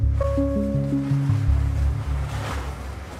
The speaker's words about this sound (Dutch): Wachtend op een haven blijft het schip dus op zee. Met hoge golven en een koude, straffe wind. Mensen zitten er nu echt doorheen. We hebben windkracht 5, 6 en het water spat nu op. En spat nu ook over het achterdek waar families zaten.